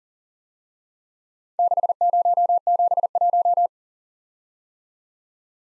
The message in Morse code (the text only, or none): 6071